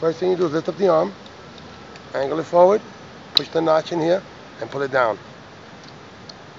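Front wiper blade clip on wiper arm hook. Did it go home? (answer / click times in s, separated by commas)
released / 6.3 s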